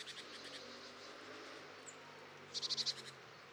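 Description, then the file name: Great tit call: a short rattle of about five quick, evenly spaced buzzy notes near the end, after fainter pulsed notes at the start, over a quiet hiss. "Parus major"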